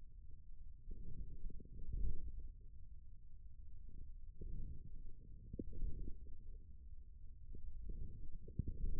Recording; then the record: forearm muscle sounds (acoustic myography)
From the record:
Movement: forearm pronation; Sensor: system 1, eight BSWA MPA416 microphones around the upper forearm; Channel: 6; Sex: male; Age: 41 years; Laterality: right